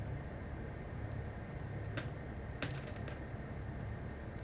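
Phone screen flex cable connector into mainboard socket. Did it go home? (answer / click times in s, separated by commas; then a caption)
no / none. A phone screen flex cable connector is pressed down onto its mainboard socket but does not snap into place, so a bigger hole is to be cut. Over a steady low hum, a few faint, brief ticks come at about 2.0, 2.6 and 3.1 seconds. Nothing has seated or clicked yet.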